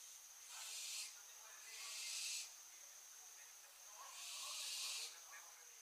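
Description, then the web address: Barn owl with long breathy hissing bursts, three in under six seconds, over a steady background hiss. "Schleiereule - Schleiereule - Tyto alba"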